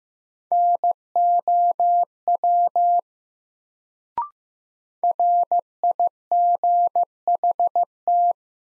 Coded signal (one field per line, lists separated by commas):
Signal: Morse code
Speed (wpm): 15 wpm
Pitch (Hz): 700 Hz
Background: none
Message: NOW RIGHT